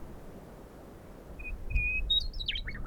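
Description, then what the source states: Meadowlark singing a short phrase of clear whistled notes that rise and then tumble, over a steady rushing background of wind and flowing water. Singing on a fence post at the edge of a pasture with a creek running with runoff, just west of Granham, Porcupine Hills area, April 8, 2020, Chinook breeze.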